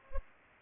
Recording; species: mosquito wingbeat signal from an infrared sensor; Culex pipiens